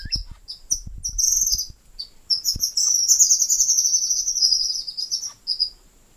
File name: White throated kingbird